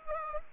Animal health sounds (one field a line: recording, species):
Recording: mosquito wingbeat signal from an infrared sensor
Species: Culex pipiens